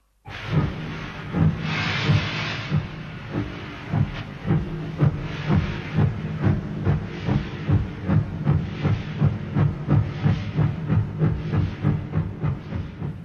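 A steam locomotive hisses loudly with a broad burst of steam, then settles into steady, rhythmic chuffing over a deep mechanical rumble, with no voices.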